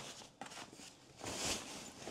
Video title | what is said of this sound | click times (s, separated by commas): 『長腿Vivi Golf 』出國打高爾夫，球帶整理攻略，不超重、球桿安全抵達、不壓斷 | 然后这里他把它固定在下方。OK，它卡住了。 | 0.4 s